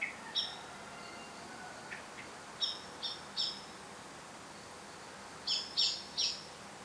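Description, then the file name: Eurasian blackbird calls: clipped, high notes in small clusters, with a few faint thin whistles between the louder bursts. "Turdus merula"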